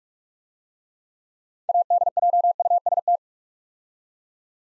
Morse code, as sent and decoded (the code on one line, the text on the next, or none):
.- -.. .--- ..- ... -
ADJUST